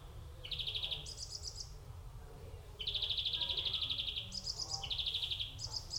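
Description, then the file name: European greenfinch singing fast, buzzy trills in short bursts that alternate between two pitches. A longer trill runs for about a second and a half, over a low background rumble. "Chloris chloris"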